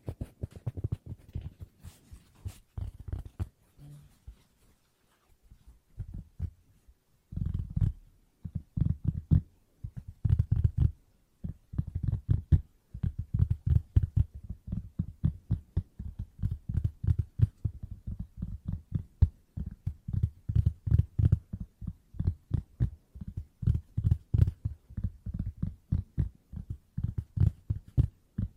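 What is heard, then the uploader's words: Fast tapping fills the clip in dense bursts of dry, muffled knocks with a thumping low body and crisp clicky edges. The first few seconds are sparse with short pauses, then from about eight seconds the taps run quick and nearly continuous in rhythmic clusters. ASMR Tapping No Talking Fast & Soothing for Sleep 5 Objects.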